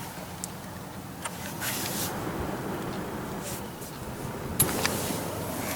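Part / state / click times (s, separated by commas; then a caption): hood latch on a car's front hood / released / 4.6 s. A car's front hood latch is released to open the hood, which is hinged at the front, over a steady low rumble of background noise. A very solid latch click sounds at 4.6 s, followed by a smaller tick just after, and the hood is released.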